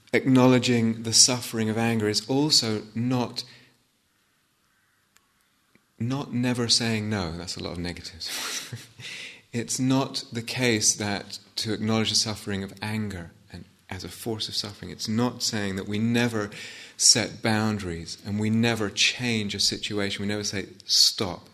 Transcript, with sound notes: Acknowledging the suffering of anger is also not never saying no. That's a lot of negatives! [laughs] It's not the case that to acknowledge the suffering of anger as a force of suffering, it's not saying that we never set boundaries and we never change a situation, we never say, "Stop.